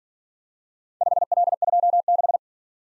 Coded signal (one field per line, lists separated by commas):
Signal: Morse code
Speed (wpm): 47 wpm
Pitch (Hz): 700 Hz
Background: none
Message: 5L26